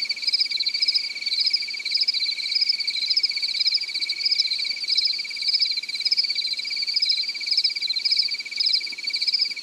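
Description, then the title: Cricket chirping, a dense high pulsing trill with regular loud bursts, continuous throughout. "AnimalCricket"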